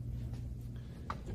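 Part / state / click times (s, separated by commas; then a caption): miter saw turntable into its angle detent / seated / 1.1 s. A miter saw's turntable is swung through its miter range and clicks into a positive-stop detent at a common miter angle, with a sharp click at 1.1 s as it locks in. A softer, longer sound is heard at 0.8 s over a steady low hum. The turntable is seated in the detent.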